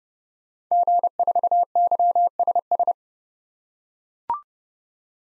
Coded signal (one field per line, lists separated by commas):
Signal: Morse code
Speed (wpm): 30 wpm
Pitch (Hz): 700 Hz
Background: none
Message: G4YSS